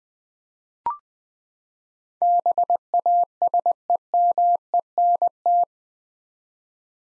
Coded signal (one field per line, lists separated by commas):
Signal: Morse code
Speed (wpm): 20 wpm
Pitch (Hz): 700 Hz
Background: none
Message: BASEMENT